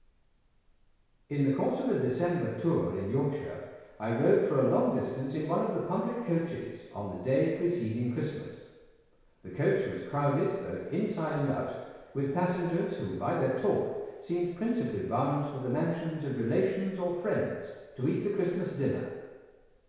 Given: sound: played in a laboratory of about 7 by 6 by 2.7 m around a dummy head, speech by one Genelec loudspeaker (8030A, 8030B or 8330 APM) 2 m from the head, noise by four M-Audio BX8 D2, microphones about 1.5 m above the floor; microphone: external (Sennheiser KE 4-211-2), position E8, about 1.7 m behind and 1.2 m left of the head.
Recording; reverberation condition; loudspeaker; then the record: male speech in English; high; behind (180 degrees)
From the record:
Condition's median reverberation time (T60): about 1300 ms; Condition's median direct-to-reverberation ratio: about -4.0 dB